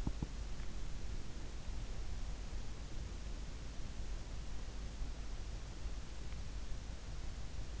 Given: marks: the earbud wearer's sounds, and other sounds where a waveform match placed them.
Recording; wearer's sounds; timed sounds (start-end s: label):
sounds in sleep by an in-ear microphone; body movement
0.02-0.35 s: body movement